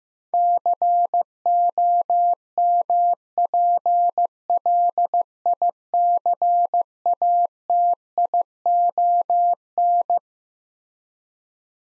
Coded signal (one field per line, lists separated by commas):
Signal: Morse code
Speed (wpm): 15 wpm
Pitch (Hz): 700 Hz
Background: none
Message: COMPLICATION